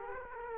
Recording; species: mosquito wingbeat signal from an infrared sensor; Culex quinquefasciatus